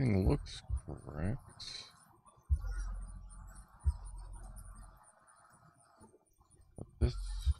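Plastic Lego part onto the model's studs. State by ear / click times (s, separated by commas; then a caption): not seated / none. A plastic Lego part is fitted onto the studs of a Lego Johnny 5 model while someone talks, and a short, faint tap is heard at about 6.8 s as the part touches. The part does not lock into anything; it sits between positions rather than seated as the instructions picture shows, so nothing has seated or clicked yet.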